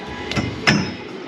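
A fabricated steel door bar tube is pressed into position in a drift car's roll cage. A single sharp knock at 0.3 seconds marks the bar snapping into place, and the tube is seated.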